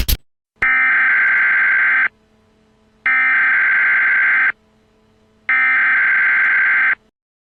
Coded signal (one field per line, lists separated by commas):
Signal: Emergency Alert System (SAME) tones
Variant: header bursts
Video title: EAS Scenario: 2050